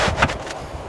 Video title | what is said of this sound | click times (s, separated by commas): pool Maintenance 480 | so you hear that little slight click once you hear that don't go any further okay | 0.2 s